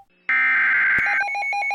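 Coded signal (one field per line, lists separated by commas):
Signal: Emergency Alert System (SAME) tones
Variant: header bursts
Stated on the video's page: Fictional EAS scenario.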